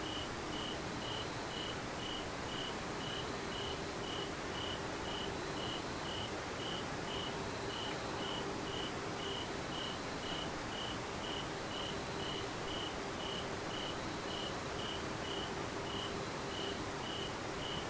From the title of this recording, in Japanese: 環境音パック